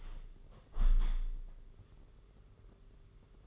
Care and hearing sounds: daily activity, microphone in the room; open window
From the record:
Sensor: 4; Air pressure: 992.1 hPa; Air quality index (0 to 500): 106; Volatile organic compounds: 16 ppm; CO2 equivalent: 2540 ppm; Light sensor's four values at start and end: 22/77/28/30 and 23/78/28/30

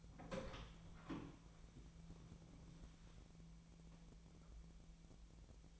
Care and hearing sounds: daily activity, microphone in the room; open door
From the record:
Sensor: 1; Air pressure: 1000.4 hPa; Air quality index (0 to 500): 180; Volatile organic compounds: 4 ppm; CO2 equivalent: 1658 ppm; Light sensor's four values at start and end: 12/29/12/14 and 12/29/12/14

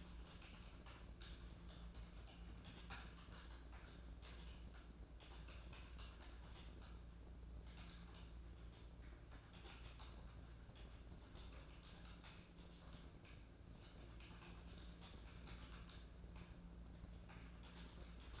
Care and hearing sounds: daily activity, microphone in the room; typing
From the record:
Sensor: 2

